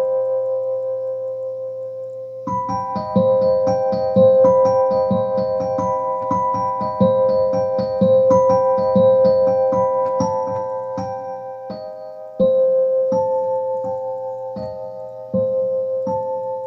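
Piano keys ring out after a soft held tone, then get pressed in quick repeated clusters, each struck note fading before the next thump.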